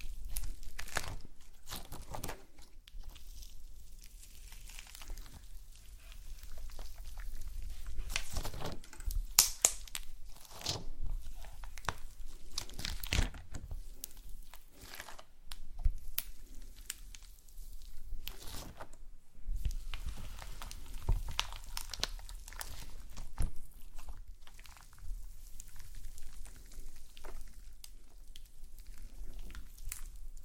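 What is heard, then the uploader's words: Slime being squeezed and pressed, with a steady run of wet crackles, squelches and crinkly pops. The bursts come irregularly but constantly, a few sharper snaps near 9, 13 and 19 seconds, over a low muffled rumble. ASMR SLIME No Talking Satisfying slime Sounds.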